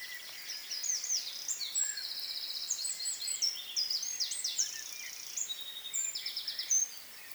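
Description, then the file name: Eurasian wren song: a long, rapid, high-pitched outpouring of sharp notes and fast buzzy trills, running almost unbroken throughout. "Troglodytes troglodytes"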